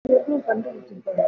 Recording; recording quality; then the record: sustained vowel as in made; poor, much background noise or distortion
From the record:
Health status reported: COVID-19 positive, mild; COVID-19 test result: positive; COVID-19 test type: RT-PCR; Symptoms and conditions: cough, cold, fever, fatigue, muscle pain, loss of smell and taste, hypertension, diabetes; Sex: male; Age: 64 years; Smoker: no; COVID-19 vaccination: both doses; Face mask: worn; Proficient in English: yes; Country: India